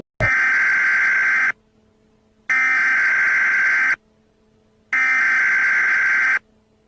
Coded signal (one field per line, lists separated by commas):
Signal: Emergency Alert System (SAME) tones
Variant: header bursts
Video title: Rating EAS Alarms Part 23: the old era is back!